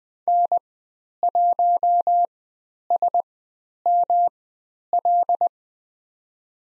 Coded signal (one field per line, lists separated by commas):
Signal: Morse code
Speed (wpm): 20 wpm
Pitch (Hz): 700 Hz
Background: none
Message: N1SML